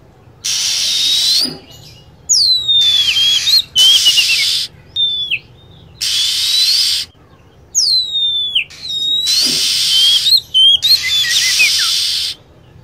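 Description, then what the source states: Lovebird calls: grating, buzzy chatter bursts separated by short, piercing whistled slurs that drop in pitch, repeated several times. Lure sound used to attract lovebirds.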